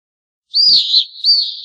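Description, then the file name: Common swift screaming: two loud, shrill screams, the first slightly wavering, the second following after a short break. "vencejo"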